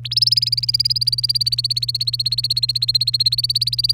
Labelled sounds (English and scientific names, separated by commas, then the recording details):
Domestic Canary (Serinus canaria) song
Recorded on 30 April 2018 at 17:41
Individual llb3